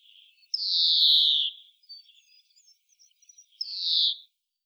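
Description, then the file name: European greenfinch with a long drawn-out nasal wheeze, faint twittering, then a second shorter buzzy call. "Chloris chloris"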